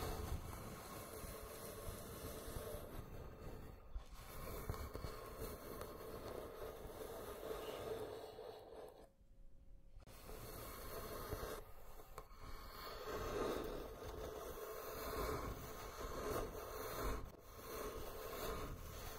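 Slow scratching and tracing on a wooden box, a dense rubbing texture that runs almost without pause. The strokes swell and ease unevenly, with a short near-silent gap around nine seconds and brief dips near four, twelve and seventeen seconds.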